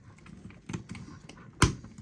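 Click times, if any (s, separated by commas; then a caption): 1.6 s. The plastic ball cup on the bottom of the rear shock absorber of a Tamiya Grasshopper 2 RC buggy kit is pressed onto its ball stud on the bottom bracket, with a few faint ticks and handling noises leading up to it. A sharp, loud snap at 1.6 s marks the ball cup seating on the stud.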